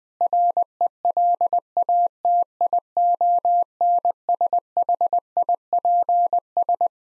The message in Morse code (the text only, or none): RELATIONSHIPS